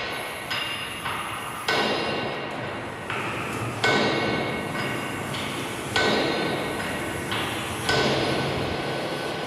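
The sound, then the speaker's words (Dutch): Loud, harsh metallic hammering of riveting on metal at a shipyard, a dense rapid clatter that surges in repeated bursts every couple of seconds, ringing and grinding with no voices. “Van dat klinken allemaal, hè, van de lawaai.”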